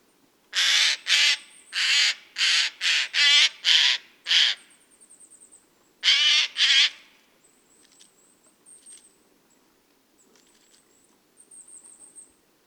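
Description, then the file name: Eurasian jay uttering a rapid series of harsh, scratchy screeches, then two more after a gap; high thin bird calls continue faintly afterward. "Garrulus glandarius"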